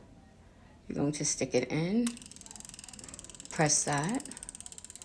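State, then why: Seated. Someone talks while the injection button on a pre-filled injector pen is pressed into the pen body with the needle in the skin. The pen's plastic mechanism ratchets with a run of fast clicks as the dose goes in, with clicks at 4.4, 4.5, 4.6, 4.6, 4.7 and 5.0 seconds. The dose is done when the clicking stops.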